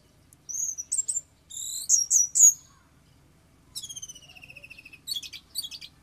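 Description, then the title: Oriental magpie-robin song: loud whistled notes in short groups, then a fast descending trill and quick chattering phrases, against a quiet background. "Kicau Kacer"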